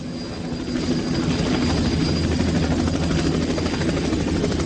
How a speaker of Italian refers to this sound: Belli sti elicotteri.